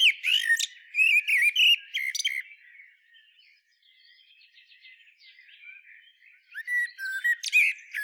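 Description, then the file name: Common blackbird singing: a flurry of warbled notes and high squeaks, a quieter stretch of faint notes, then another squeaky twittering phrase. "Turdus merula"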